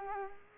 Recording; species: mosquito wingbeat signal from an infrared sensor; Culex quinquefasciatus